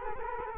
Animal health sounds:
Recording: mosquito wingbeat signal from an infrared sensor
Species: Culex quinquefasciatus

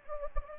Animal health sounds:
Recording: mosquito wingbeat signal from an infrared sensor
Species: Anopheles gambiae

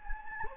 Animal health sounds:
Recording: mosquito wingbeat signal from an infrared sensor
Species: Anopheles gambiae

